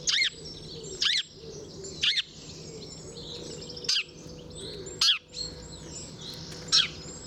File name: Passer domesticus